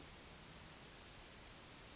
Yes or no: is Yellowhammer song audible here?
no